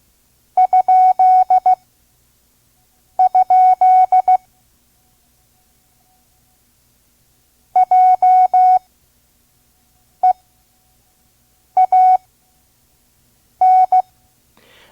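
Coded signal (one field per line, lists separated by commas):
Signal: Morse code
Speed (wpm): 16 wpm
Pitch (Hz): 740 Hz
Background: none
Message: ?? JEAN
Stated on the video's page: Vintage ARRL Morse course, listen-and-learn lesson at 5 words per minute.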